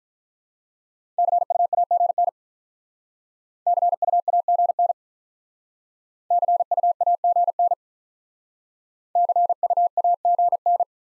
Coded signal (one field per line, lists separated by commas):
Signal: Morse code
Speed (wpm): 45 wpm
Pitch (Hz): 700 Hz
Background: none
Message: CUAGN CUAGN CUAGN CUAGN